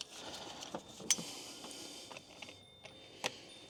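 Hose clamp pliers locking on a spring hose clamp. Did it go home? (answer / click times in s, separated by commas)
yes / 1.1 s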